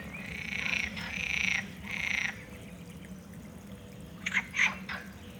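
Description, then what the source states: Frogs croaking in several rasping bursts, a quieter pause, then a few short sharp calls. At the Jardí Botànic de la Universitat de València; Ambeo Smart Headset binaural microphones on an iPhone.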